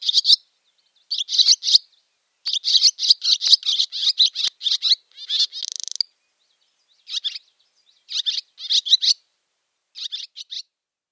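Barn swallow giving a fast, chattering twitter of high chirps, broken midway by a dry buzzy rattle, then resuming in shorter clusters after a pause.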